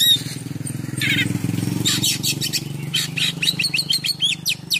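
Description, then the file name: Oriental magpie-robin song: sharp chirps and buzzy trilled phrases, becoming a quick string of repeated notes, under a loud continuous low engine drone. Full song in top singing form (gacor) with a rich repertoire of imitated phrases (full isian, mewah). "KACER GACOR FULL ISIAN MEWAH"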